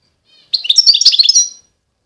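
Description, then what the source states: European goldfinch: a single brief burst of rapid, high twittering notes, jumbled and bright, lasting about one second. Wild bird.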